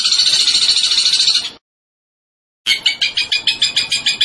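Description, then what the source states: Zebra finch delivering a high buzzy trill, then a second of silence, then a slower series of pulsed high notes. Master recording for training cage birds; bird described as gacor, singing vigorously.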